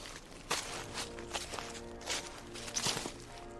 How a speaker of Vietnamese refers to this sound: Là tiếng sột soạt từ tất cả các vị trí, là tiếng bước chân giò dẫm vang lên không ngừng.